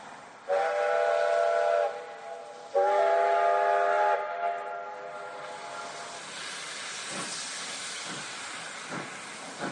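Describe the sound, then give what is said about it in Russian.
Two short, loud, harmonic whistle blasts from a steam locomotive sound in quick succession, followed by steady steam hissing and a few low chuffs as the train begins to pull away from a small halt's platform. “Два коротких гудка, и качнулась лавка. Лязгнули стекла, заскрипели стенки вагона. Поезд дрогнул и тронулся с места, понемногу набирая ход и оставляя позади перрон полустанка.”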